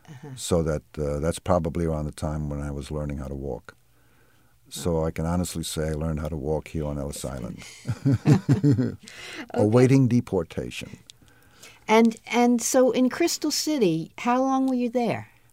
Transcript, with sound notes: So that that's probably around the time when was learning how to walk. So I can honestly say I learned how to walk here in Ellis Island! [Laughs] Awaiting deportation!
And so in Crystal City, how long were you there?